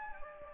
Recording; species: mosquito wingbeat signal from an infrared sensor; Anopheles gambiae